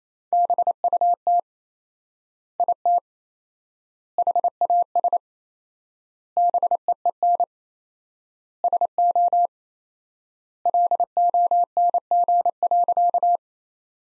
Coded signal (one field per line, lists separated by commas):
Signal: Morse code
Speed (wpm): 28 wpm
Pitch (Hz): 700 Hz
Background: none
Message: BUT IT HAS BEEN SO LONG.